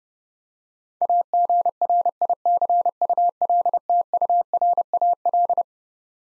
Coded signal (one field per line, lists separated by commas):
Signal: Morse code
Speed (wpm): 30 wpm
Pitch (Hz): 700 Hz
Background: none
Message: AGRICULTURAL